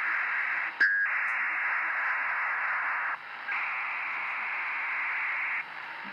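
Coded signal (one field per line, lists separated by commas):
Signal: ACARS aircraft data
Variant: HFDL (HF ACARS)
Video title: 17968 kHZ USB Наземная станция ACARS № 15, Бахрейн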